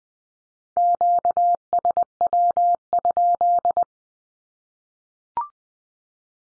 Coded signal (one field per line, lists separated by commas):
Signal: Morse code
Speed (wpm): 20 wpm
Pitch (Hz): 700 Hz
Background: none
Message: QSW?